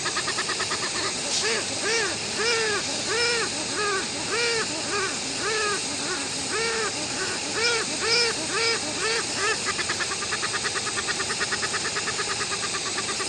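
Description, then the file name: Westland petrel song calls: hoarse, braying notes rising and falling in pitch, repeated in uneven runs, ending in a quicker stuttering series, over steady hiss. "westland black petrel song"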